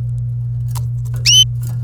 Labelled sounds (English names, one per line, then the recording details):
Domestic Canary song
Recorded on 27 April 2018 at 09:17
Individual llb3